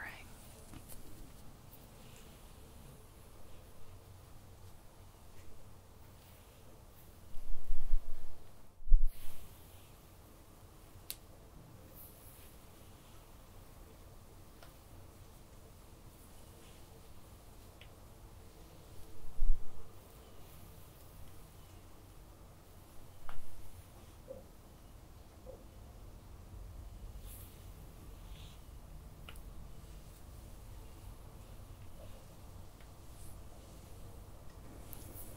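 Soft hair play and light touching, mostly very quiet over a steady low hiss and faint rumble. A few brief rustling bursts stand out, around 8–9 seconds, near 19 seconds and near 23 seconds, with scattered small clicks between them.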